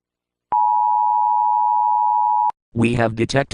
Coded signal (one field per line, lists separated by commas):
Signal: Emergency Alert System (SAME) tones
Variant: 853 and 960 Hz attention tone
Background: speech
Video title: EAS Broadcast:Kidnapper (Raven Brooks Reports)